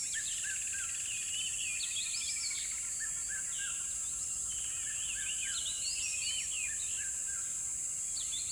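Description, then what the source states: Busy bird chorus with rapid chirps, a buzzy trill and high jagged notes crowding together above a continuous hiss. Birds chirping in a river bed at dawn, with chirping increasing.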